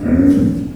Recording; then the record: squeal of a Yucatan mini pig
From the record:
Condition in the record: after surgery on the right vocal fold (resection and tissue-engineered implant); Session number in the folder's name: 7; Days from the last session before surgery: 47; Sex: female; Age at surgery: 19 weeks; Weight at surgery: 25 kg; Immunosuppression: prednisolone